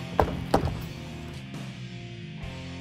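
A hard UnderCover Flex tonneau cover panel is lowered onto the truck bed rail, and its slam latch catches, locking into place as soon as the panel hits down. Two sharp thunks sound at 0.2 s and 0.5 s over background music. The slam latch is locked shut and seated.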